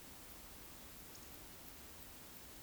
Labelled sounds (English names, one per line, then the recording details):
Eurasian Woodcock whistle
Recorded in Baden-Württemberg, Germany, on 9 May 2021 at 19:28 UTC
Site 23718, 552 m above sea level